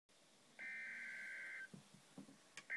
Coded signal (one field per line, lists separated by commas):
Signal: Emergency Alert System (SAME) tones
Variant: header bursts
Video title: Flood Warning - EAS #278